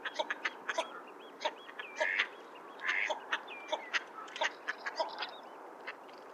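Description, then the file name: Northern shoveler calls: short, harsh, clipped notes repeated irregularly among other birds' clicks and sliding whistles. "Mestolone"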